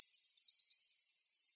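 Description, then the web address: Winter wren song: a rapid, high, tinkling trill of fast pulsed notes held for about a second, then fading out. Recorded in Arizona on 26 June 2006. "Wrens Kinglets Gnatcatchers AZFO WIWR COONS 062606"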